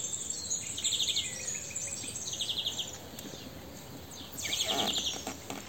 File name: Chloris chloris